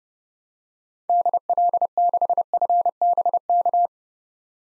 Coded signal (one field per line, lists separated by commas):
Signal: Morse code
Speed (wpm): 30 wpm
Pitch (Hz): 700 Hz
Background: none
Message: DL6FBK